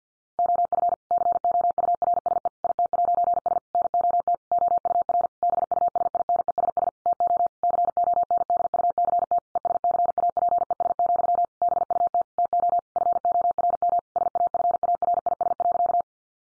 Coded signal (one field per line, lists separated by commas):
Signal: Morse code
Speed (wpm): 49 wpm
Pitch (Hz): 700 Hz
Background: none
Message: OF COURSE IT'S NOT OUR BUSINESS TO CONDUCT ESCAPES, BUT TO FORM SAFARIS.